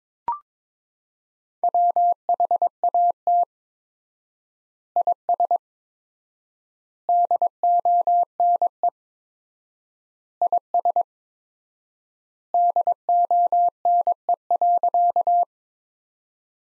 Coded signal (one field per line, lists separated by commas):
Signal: Morse code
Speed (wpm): 22 wpm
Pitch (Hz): 700 Hz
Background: none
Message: WHAT IS DONE IS DONE.